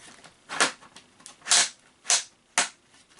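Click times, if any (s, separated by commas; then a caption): 2.6 s. A plastic leg is pushed onto the body socket of a large toy dinosaur figure. Several broadband scraping and pressing bursts come before a sharp, strong snap at 2.6 s, as the leg seats and is confirmed snapped on.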